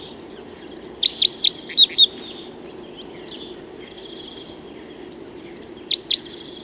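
Crossbill calling with a burst of five sharp 'kip' notes, a quieter pause, then two more hard chips near the end.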